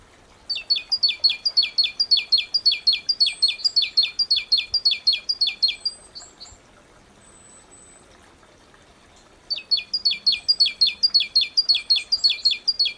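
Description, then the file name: Great tit calling with a fast, regular series of high, down-slurred notes for about six seconds, a quiet pause with faint thin notes, then the series starts again. "Parus major"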